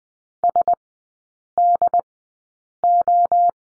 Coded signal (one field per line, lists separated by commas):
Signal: Morse code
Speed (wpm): 20 wpm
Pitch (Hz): 700 Hz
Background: none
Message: SDO